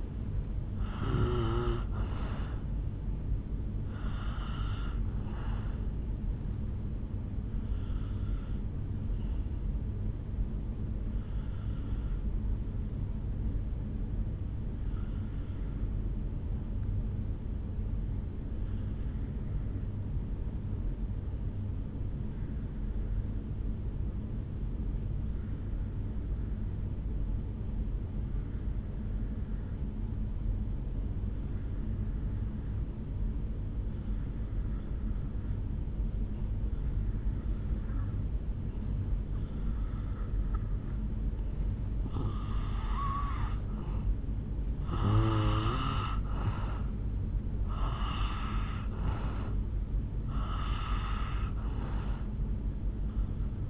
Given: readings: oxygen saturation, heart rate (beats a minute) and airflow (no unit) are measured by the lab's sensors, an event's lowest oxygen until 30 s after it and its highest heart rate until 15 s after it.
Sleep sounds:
breathing in sleep by a smartphone at the bedside; 1
15.00-42.10 s: obstructive apnea (N2, oxygen 97% highest, then 82% lowest, heart rate 54 at the start, 69 highest)
From the record:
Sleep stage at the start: N2 (light sleep); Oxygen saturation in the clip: 82 to 97%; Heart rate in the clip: 52 to 72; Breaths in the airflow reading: 9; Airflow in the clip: -6.3 to 3.7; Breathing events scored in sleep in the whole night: 449 in 7.0 hours asleep

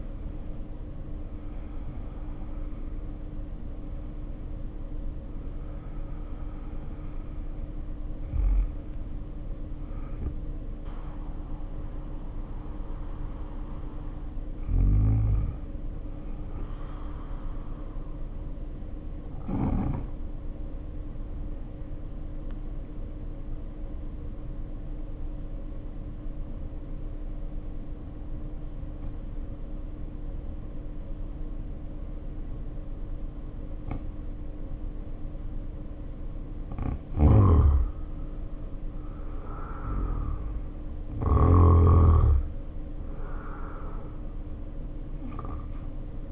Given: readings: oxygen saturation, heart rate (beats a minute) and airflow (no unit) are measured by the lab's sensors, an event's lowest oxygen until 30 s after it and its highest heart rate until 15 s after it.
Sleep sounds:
breathing in sleep by a smartphone at the bedside; 1
19.00-37.90 s: hypopnea (N1, oxygen 97% highest, then 84% lowest, heart rate 50 at the start, 65 highest)
From the record:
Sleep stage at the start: N1 (lightest sleep); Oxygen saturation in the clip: 64 to 97%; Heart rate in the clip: 50 to 89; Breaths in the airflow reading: 13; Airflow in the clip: -1.8 to 2.1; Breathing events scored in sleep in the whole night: 520 in 7.2 hours asleep

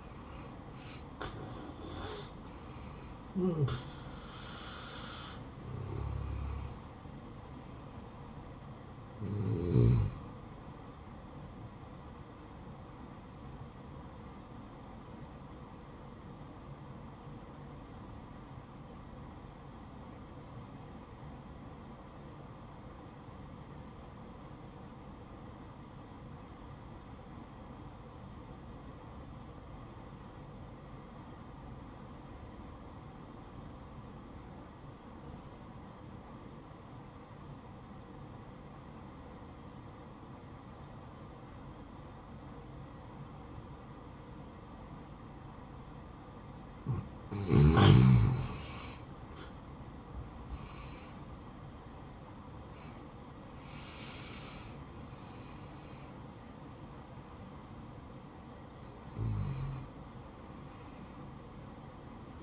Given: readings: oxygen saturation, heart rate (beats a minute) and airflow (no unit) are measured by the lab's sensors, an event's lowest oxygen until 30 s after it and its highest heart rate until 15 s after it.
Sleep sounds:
breathing in sleep by a smartphone at the bedside; 1
15.00-50.70 s: obstructive apnea (N1, oxygen 96% highest, then 85% lowest, heart rate 64 at the start, 75 highest)
22.00-52.00 s: new sleep stage, N2 (light sleep)
52.00-62.43 s: new sleep stage, N1 (lightest sleep)
From the record:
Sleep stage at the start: N1 (lightest sleep); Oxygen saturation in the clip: 85 to 96%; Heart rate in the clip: 60 to 78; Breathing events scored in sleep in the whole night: 573 in 9.8 hours asleep

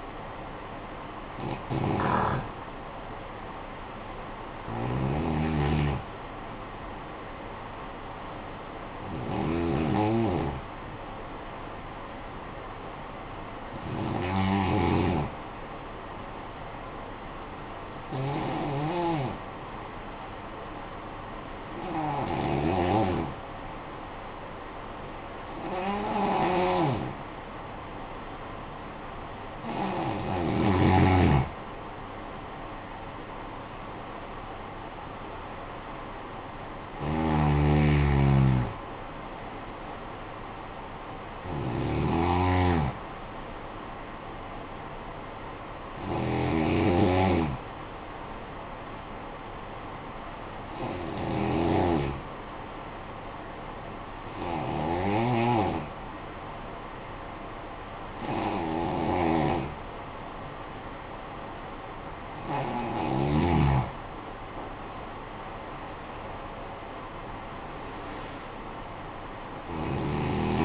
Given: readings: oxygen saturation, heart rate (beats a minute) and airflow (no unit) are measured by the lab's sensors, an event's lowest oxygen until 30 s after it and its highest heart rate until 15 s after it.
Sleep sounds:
breathing in sleep by a voice recorder at the bedside; 2
12.00-32.00 s: hypopnea (N2, oxygen 96% highest, then 88% lowest, heart rate 51 at the start, 74 highest)
51.00-62.40 s: hypopnea (N2, oxygen 95% highest, then 89% lowest, heart rate 53 at the start, 71 highest)
From the record:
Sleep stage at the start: N2 (light sleep); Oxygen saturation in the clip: 88 to 96%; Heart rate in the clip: 50 to 74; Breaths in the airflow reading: 17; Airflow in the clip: -13.6 to 11.8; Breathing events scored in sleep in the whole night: 445 in 7.6 hours asleep

